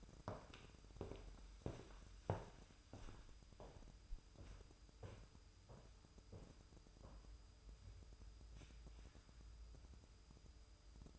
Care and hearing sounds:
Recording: daily activity, microphone in the room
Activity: walk to room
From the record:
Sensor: 2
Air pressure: 988.0 hPa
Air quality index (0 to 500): 157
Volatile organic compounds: 57 ppm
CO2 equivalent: 3383 ppm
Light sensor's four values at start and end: 21/71/28/26 and 21/71/28/27

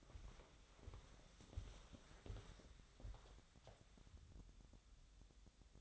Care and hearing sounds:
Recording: daily activity, microphone in the room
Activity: walk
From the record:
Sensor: 3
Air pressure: 1015.3 hPa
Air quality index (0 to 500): 124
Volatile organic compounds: 5 ppm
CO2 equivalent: 1748 ppm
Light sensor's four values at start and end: 16/43/17/18 and 16/41/16/18

